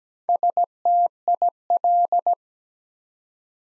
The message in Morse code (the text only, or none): STIL